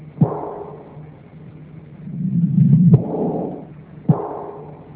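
Slow, sharp heart sounds with a low rumbling murmur between beats: an Austin Flint murmur of aortic regurgitation, heard at the heart of an adult through a stethoscope.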